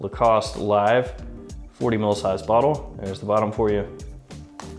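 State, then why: Seated. A lightweight plastic cap is put back onto a 40 ml glass Lacoste Live fragrance spray bottle fresh out of the box while someone talks. Faint music plays underneath. A short, sharp click at 4.6 s marks the cap seating firmly in place.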